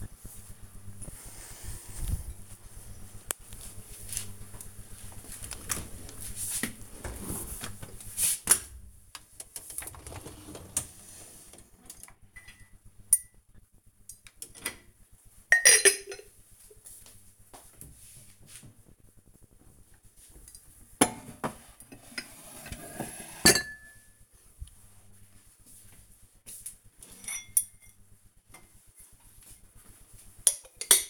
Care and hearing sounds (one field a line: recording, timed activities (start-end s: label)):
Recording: household activities, microphone on the right wrist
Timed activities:
4.13-31.10 s: cleaning out the dishwasher